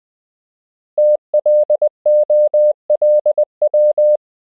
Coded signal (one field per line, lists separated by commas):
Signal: Morse code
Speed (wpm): 20 wpm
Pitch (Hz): 600 Hz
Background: none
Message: TLOLW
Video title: Morse Code — Koch Method Lesson 12 (KMRSUAPTLOWI.)